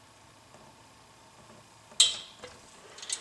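A click-type torque wrench tightens the opposite-side cylinder head nut, in a cross pattern, on a Vittorazi Moster 185 two-stroke engine. After a quiet stretch, a sharp, bright click at 2.0 s marks the wrench reaching its set torque, followed by a few faint ticks near the end.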